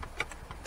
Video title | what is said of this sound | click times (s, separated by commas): Toyota RAV4 (XA30 - Gen 3) 2005-2011 Radio Removal | Hear the pop? That's it. | 0.2 s